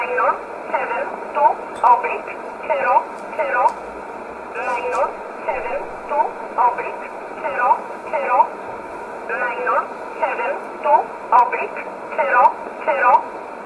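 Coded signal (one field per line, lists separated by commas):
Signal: numbers station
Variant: E11 Oblique, English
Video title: 13 11 2019 E11 Oblique Numbers station in English 1626 on 5082 unknown tx site in USB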